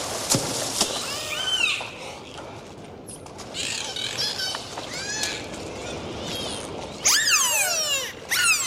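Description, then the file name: Dolphins whistling and clicking, scattered squeaks and click trains, then a loud descending whistle burst near the end, over a hissing background. "Zvuki Prirody - Vesyolye Delfiny"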